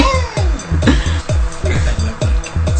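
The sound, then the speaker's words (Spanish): Repeated cat meows with falling pitch come in a quick steady rhythm, set over a pulsing low beat like a short looping song. No one is talking. “que se la lleva viendo gatitos, videos de gatitos desde hace no sé cuántos años”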